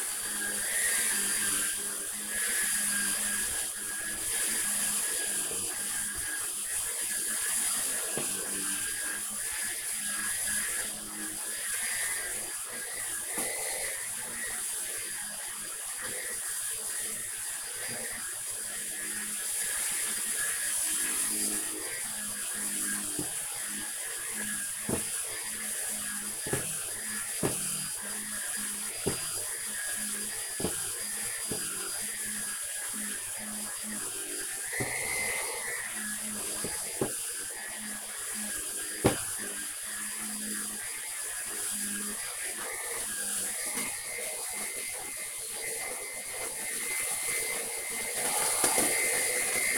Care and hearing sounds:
household activities, microphone on the right wrist
0.00-49.78 s: vacuum cleaning

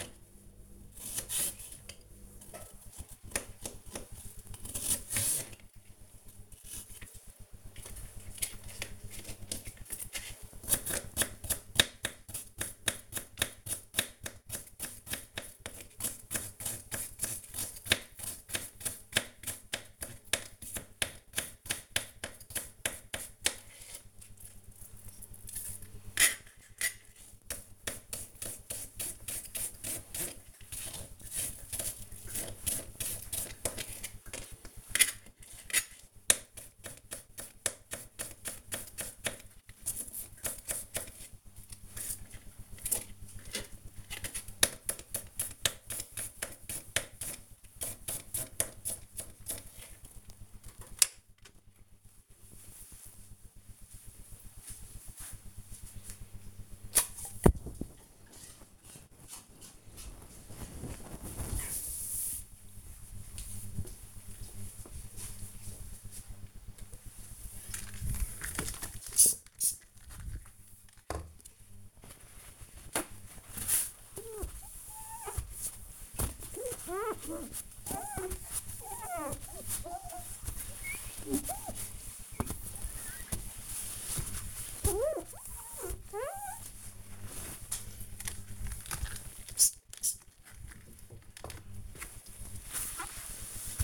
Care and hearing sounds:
household activities, microphone on the right wrist
0.00-50.61 s: cutting vegetables
66.78-93.84 s: window cleaning

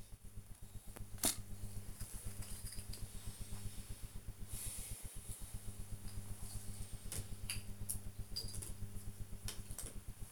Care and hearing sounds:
household activities, microphone on the right wrist
0.00-10.32 s: tidy up the cupboard

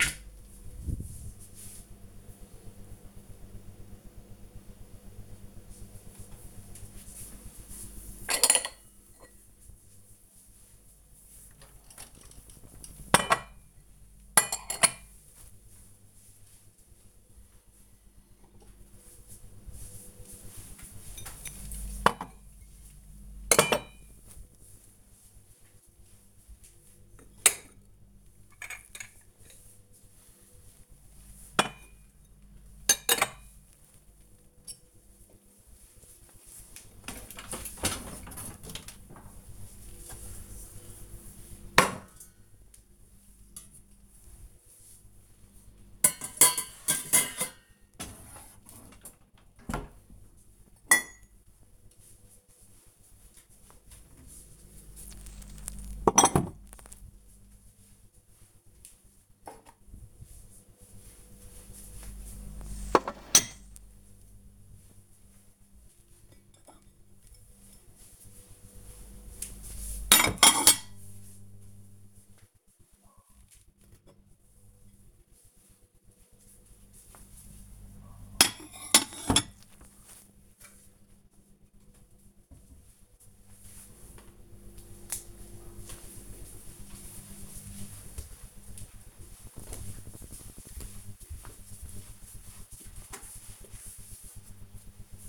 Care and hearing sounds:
household activities, microphone on the right wrist
5.50-81.03 s: putting away the dishes

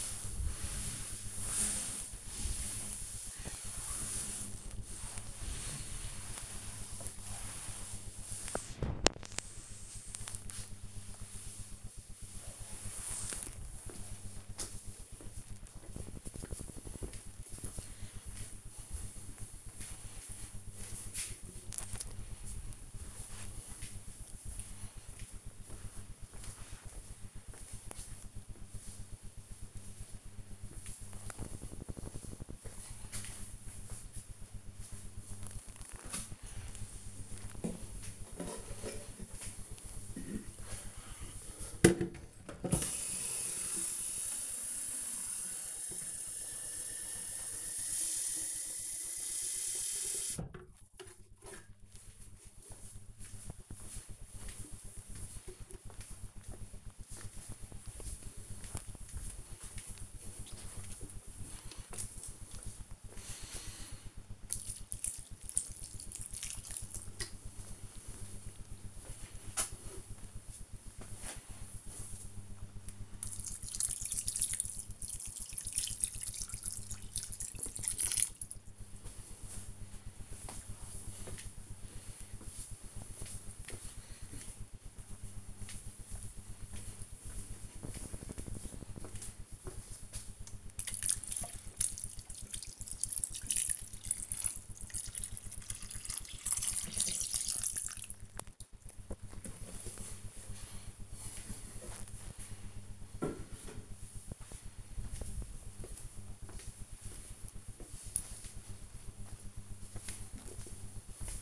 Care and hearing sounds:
household activities, microphone on the right wrist
0.00-12.51 s: cleaning table
35.64-98.81 s: watering plant

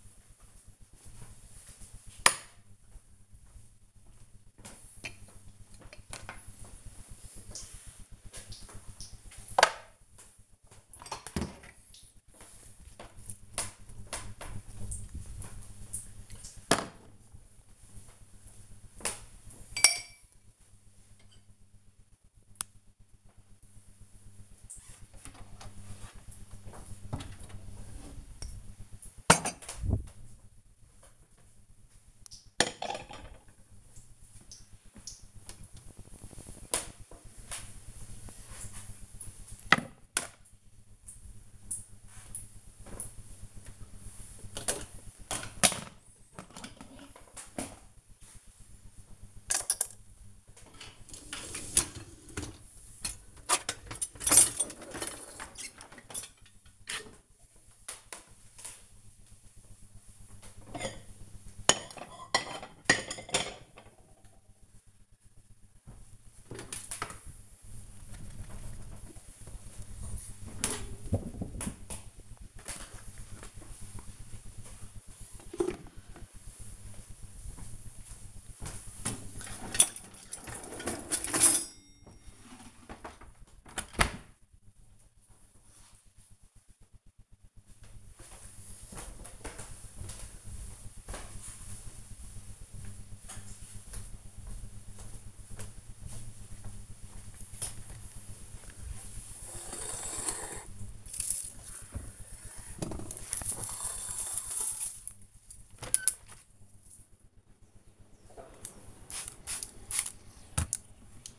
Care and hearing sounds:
household activities, microphone on the right wrist
0.00-82.40 s: cleaning out the dishwasher
97.51-111.38 s: window cleaning

